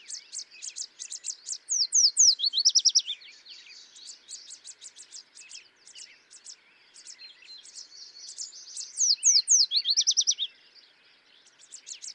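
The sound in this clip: Yellow warbler song: high, quick, whistled notes accelerating into a downslurred close, two loud phrases with softer notes between.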